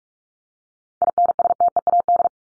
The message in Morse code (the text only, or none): INSTEAD